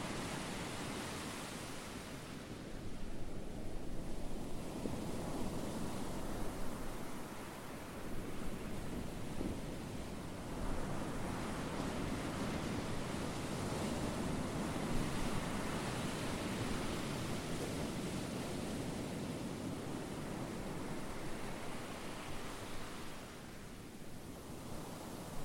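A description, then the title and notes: Ocean waves wash in a continuous, dense roar with no breaks. The rush swells and eases slowly, brightening around five seconds and again near twenty-four, while a deep rumble runs underneath throughout. Ocean waves.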